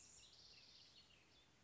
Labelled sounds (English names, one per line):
House Wren